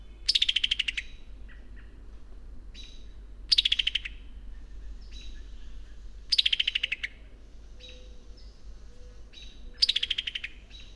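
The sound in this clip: Songbird delivering rapid falling trills roughly every three seconds, interspersed with brief thin whistled notes and a faint low hiss.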